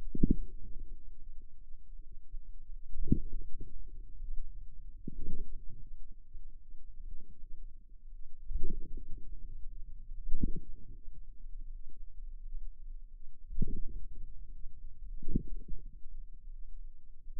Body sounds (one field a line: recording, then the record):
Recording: forearm muscle sounds (acoustic myography)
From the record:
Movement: inward rotation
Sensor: system 2, bracelet of six BSWA MPA416 microphones around the upper forearm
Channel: 3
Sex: female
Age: 23 years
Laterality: right